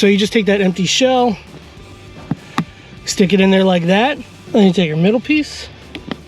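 Someone talks over background music while placing the empty shell of a cabin air filter housing into a Tesla Model Y/3's HVAC intake assembly, then picks up the middle plastic piece. A few brief sharp handling sounds occur around 2.3, 2.6, 6.0 and 6.1 seconds. The middle piece has not snapped in or seated yet.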